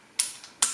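A steel recoil spring assembly is dropped into place against the receiver of a Zastava ZPAPM70 rifle, giving two sharp metallic knocks at 0.2 and 0.6 seconds with a faint tap between them. It sits only about halfway in, not all the way, on purpose so the dust cover goes back on more easily.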